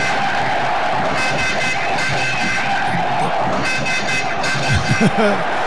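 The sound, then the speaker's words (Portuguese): A large crowd of Brazilian fans in a stadium shouts and roars continuously and loudly during the Brazil versus Honduras football match at London 2012, with two stretches of blaring, horn-like tones sounding over the din. “E aí o brasileiro grita.”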